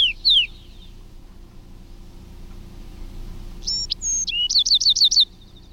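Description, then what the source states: Bewick's wren song: a brief sharp opening phrase, a pause, then crisp high whistles running into a rapid, trilled series of repeated notes. Adult male singing sharp, crisp songs, one example of each of four types; an adult repeats one song up to 50 times before switching.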